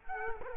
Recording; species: mosquito wingbeat signal from an infrared sensor; Culex quinquefasciatus